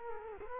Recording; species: mosquito wingbeat signal from an infrared sensor; Culex quinquefasciatus